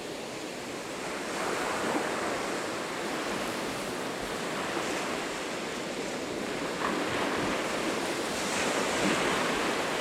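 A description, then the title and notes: Waves wash and fizz onto a sandy shore in a dense, steady hiss of foam and bubbling water. The surf swells slightly louder after the first second and again from about seven seconds on, without any sharp, distinct breaks. Ocean sounds recorded at the aptly named Luna Beach in Pensacola, Florida.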